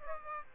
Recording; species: mosquito wingbeat signal from an infrared sensor; Aedes aegypti